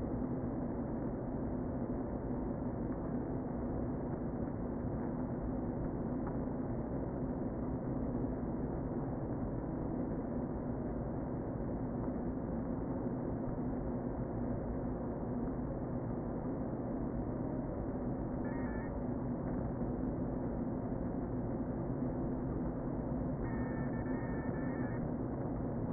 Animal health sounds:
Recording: honeybee colony, microphone inside the hive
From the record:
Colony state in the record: queen present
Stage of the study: before two queens were removed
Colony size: about 60,000 bees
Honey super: yes

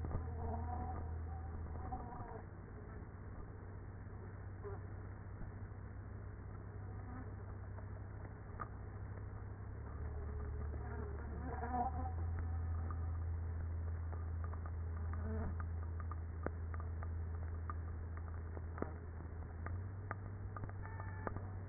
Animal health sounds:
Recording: honeybee colony, microphone inside the hive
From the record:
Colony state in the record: queenless with a low population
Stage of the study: after two queens were removed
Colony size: about 30,000 bees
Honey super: no

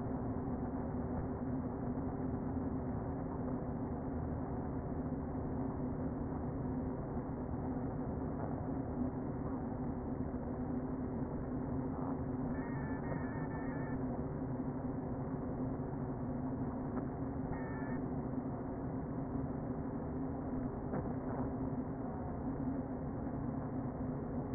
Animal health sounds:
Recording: honeybee colony, microphone inside the hive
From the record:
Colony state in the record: queen present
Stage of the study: before two queens were removed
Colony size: about 60,000 bees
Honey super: yes

